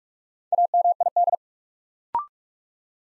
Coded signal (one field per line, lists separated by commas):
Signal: Morse code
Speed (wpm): 44 wpm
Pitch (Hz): 700 Hz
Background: none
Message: AMID